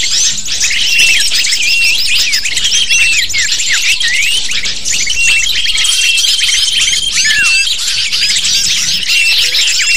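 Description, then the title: Lovebird: shrill, overlapping chirps from a flock of lovebirds form a constant high chatter, with short whistles and squeaks mixed throughout. Lure recording (pikat) used to attract lovebirds. "PIKAT BURUNG LOVEBIRD"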